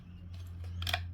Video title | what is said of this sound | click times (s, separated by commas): Best dressed, British L3A1 bayonet.. Now with all attachments | clicks into place uh the wire cutter feels a lot more solid | 0.9 s